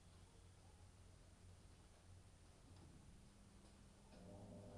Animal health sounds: poultry house recording; no chicken sound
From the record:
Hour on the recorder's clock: 2

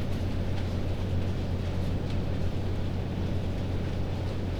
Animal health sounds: poultry house recording; no chicken sound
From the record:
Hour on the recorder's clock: 22

